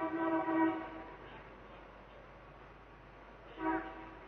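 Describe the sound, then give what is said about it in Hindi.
A vehicle horn blares twice: a loud, steady, buzzy honk lasting under a second, then a short quieter blast a few seconds later, over a low rumbling background with no talking. “राह पर बजती है कार का हॉर्न, चेतना कंपित होगी।”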